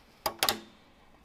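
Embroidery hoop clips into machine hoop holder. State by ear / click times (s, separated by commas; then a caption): seated / 0.3 s, 0.4 s. An embroidery hoop is pushed onto the holder arms of a Ricoma MT-1501 embroidery machine, and the clip latches on both sides click into place at 0.3 s and 0.4 s, with a brief rattle right after the second click. The hoop is seated and locked in the holder.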